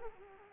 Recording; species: mosquito wingbeat signal from an infrared sensor; Culex quinquefasciatus